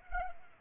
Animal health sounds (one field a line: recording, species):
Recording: mosquito wingbeat signal from an infrared sensor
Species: Culex pipiens